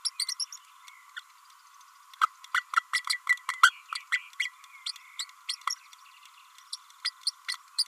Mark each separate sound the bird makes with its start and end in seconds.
0.05-0.10, 0.19-0.26, 0.40-0.45, 0.52-0.56, 1.16-1.21, 2.21-2.26, 2.54-2.63, 2.76-2.83, 2.93-3.02, 3.09-3.17, 3.29-3.37, 3.48-3.52, 3.62-3.73, 4.12-4.19, 4.39-4.50, 4.86-4.92, 5.19-5.24, 5.48-5.55, 5.70-5.75, 6.72-6.76, 7.04-7.10, 7.48-7.57